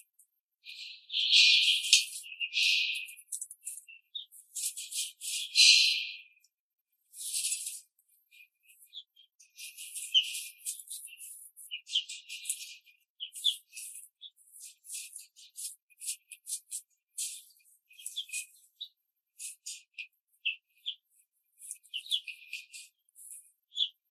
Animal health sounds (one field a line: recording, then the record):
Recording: young laying hens in a cage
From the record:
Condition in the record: control cage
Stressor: none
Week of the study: 5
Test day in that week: 1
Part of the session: 2